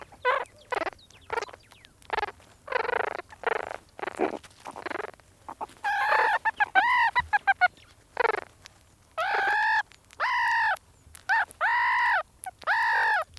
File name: meerkat pups chatting as they eat a scorpion